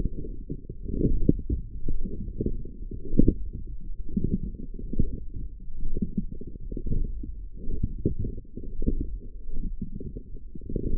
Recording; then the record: forearm muscle sounds (acoustic myography)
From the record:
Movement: forearm pronation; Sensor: system 1, eight BSWA MPA416 microphones around the upper forearm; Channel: 8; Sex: female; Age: 22 years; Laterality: right